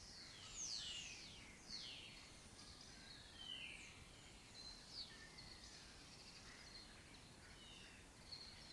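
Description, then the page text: Lesser kestrels giving thin, scratchy, sweeping calls, several birds overlapping, louder notes every second or two over a steady faint hiss. Breeding colony occupying an abandoned building complex in Doñana; migratory raptor that forages in West Africa and breeds in southern Europe. "Lesser Kestrels Took Over an Abandoned Building. Here in Doñana"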